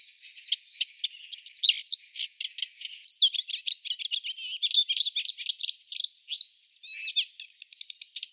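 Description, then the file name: Blyth's reed warbler singing a continuous, hurried medley of high clicks, chirps and quick slurred whistles, with shifting phrases and no pauses. "Acrocephalus dumetorum"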